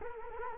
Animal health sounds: mosquito wingbeat signal from an infrared sensor; Culex quinquefasciatus

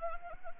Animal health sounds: mosquito wingbeat signal from an infrared sensor; Anopheles gambiae

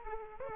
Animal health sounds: mosquito wingbeat signal from an infrared sensor; Aedes aegypti

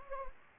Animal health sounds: mosquito wingbeat signal from an infrared sensor; Anopheles gambiae

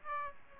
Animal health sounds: mosquito wingbeat signal from an infrared sensor; Aedes aegypti

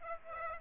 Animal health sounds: mosquito wingbeat signal from an infrared sensor; Aedes aegypti

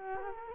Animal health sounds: mosquito wingbeat signal from an infrared sensor; Culex quinquefasciatus

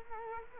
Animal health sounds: mosquito wingbeat signal from an infrared sensor; Culex quinquefasciatus

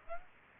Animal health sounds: mosquito wingbeat signal from an infrared sensor; Aedes aegypti

